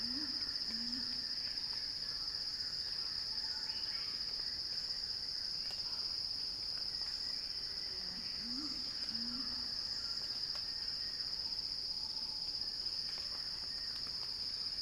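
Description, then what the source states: Cicada song: a steady, unbroken high buzzing drone holds throughout, with faint bird calls and low paired chirps in the background. Cicada song building in a crescendo.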